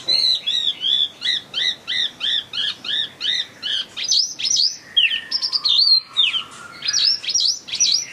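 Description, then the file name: Chinese hwamei singing a rapid run of repeated looped whistles, roughly three per second, before switching to loud varied upsweeps, downslurs and a held lower note. In full song (gacor). "audio hwamei gacor. omkicau"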